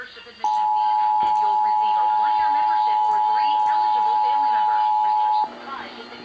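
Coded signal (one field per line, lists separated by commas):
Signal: Emergency Alert System (SAME) tones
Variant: 853 and 960 Hz attention tone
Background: speech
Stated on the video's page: Required Weekly Test tones aired on KDKA-AM Pittsburgh.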